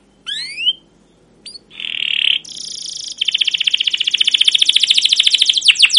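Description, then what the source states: Canary song opening with a few separate rising chirps and a buzzy burst, then a fast, even trill of high notes. Song used as a lure (pancingan) to train other canaries to sing; long continuous singing with cuit-cuit notes and rolling (ngerol) passages.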